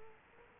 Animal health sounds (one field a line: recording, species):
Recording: mosquito wingbeat signal from an infrared sensor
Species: Culex quinquefasciatus